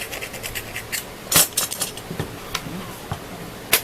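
Someone tries to slide a Makita power-tool battery pack into the battery mount of a QCZW 50 brushless ducted blower, producing a series of sharp knocks and clunks as it catches, with the loudest around 1.6 s, 2.6 s and 3.7 s. The pack will not go on, and nothing has seated or clicked yet; it may be that only the 6.0 Ah pack fits.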